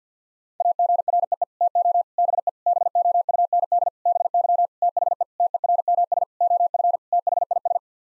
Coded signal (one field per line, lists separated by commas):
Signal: Morse code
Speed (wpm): 50 wpm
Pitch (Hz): 700 Hz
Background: none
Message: AGREE TO BE BOUND BY THE TERMS OF THIS